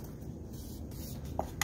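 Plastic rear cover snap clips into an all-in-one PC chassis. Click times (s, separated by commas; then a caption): 1.4 s, 1.6 s. Someone presses around the plastic rear cover of an HP Envy 27-b200 all-in-one PC to engage the remaining snap clips into the chassis, over a low steady background rumble. Sharp clicks are heard at 1.4 s and 1.6 s as the clips snap in, and the cover is seated in good shape.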